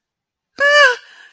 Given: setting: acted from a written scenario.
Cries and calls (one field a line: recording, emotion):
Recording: vocal sound without words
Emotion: fear